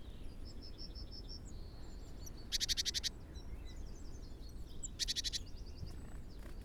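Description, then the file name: Great tit giving two loud, harsh churring rattles of rapid notes about two and a half seconds apart, with thin whistles and chirps in between and a steady low rumble. "Parus major"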